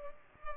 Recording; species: mosquito wingbeat signal from an infrared sensor; Culex pipiens